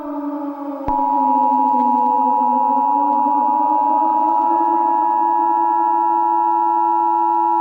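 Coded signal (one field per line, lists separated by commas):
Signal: Emergency Alert System (SAME) tones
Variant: 853 and 960 Hz attention tone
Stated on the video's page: Fictional EAS scenario set in Charleston.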